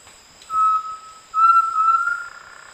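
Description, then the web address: Undulated tinamou song: a steady mellow whistle, then a louder, longer whistle that rises slightly and wavers before fading. Recorded in the eastern lowlands of South America. "Natures Songs S America Eastern Lowlands. Crypturellus undulatus, song"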